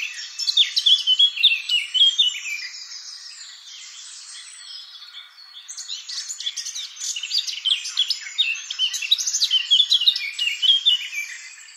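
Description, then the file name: Eurasian blackcap warbling song in two bursts of rapid varied notes and whistles, separated by a softer passage of a few seconds. "Sylvia atricapilla"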